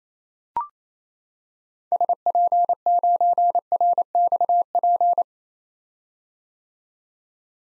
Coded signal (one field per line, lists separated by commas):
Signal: Morse code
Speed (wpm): 28 wpm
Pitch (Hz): 700 Hz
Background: none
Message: SP9RXP